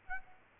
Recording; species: mosquito wingbeat signal from an infrared sensor; Aedes aegypti